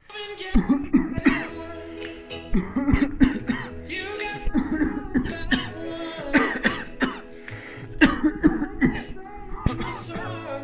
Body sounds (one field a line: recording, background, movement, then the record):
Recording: voluntary coughing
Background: music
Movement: sitting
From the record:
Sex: male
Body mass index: 21.0 kg/m2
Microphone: on the chest, facing the body